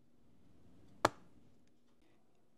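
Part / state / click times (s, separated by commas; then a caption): portable AC exhaust hose into window kit panel / seated / 1.0 s. A plastic exhaust hose connector for a ZAFRO EliteCool portable air conditioner (models YAC-08CPD and YAC-10CPD) is aligned and pushed into the opening of the window kit panel. Against a low steady background, one sharp click sounds at 1.0 s as the hose seats in the panel.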